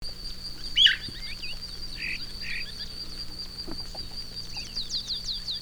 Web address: cantos fiofiooscuro